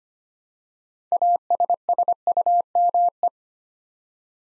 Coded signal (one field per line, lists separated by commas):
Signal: Morse code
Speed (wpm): 25 wpm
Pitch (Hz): 700 Hz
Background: none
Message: ASSUME